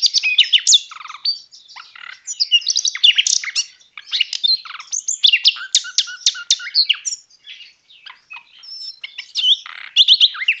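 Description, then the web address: Common nightingale song of energetic mixed phrases, chattering trills, repeated notes and clear whistles running together, with a few brief pauses. Recorded on 22 March 2014. "birdsong megarhynchos 22 03 2014"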